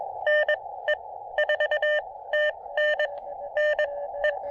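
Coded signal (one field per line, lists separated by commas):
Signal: Morse code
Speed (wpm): 22 wpm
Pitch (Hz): 600 Hz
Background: none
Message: N E 4 T N N E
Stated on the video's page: QRP CW summit activation on a foggy Craggy Dome using an Elecraft KX2 transceiver and MPAS Lite antenna.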